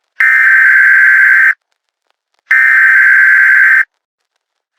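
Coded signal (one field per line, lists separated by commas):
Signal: Emergency Alert System (SAME) tones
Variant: header bursts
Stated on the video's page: Fake tornado warning recreation containing valid SAME tones.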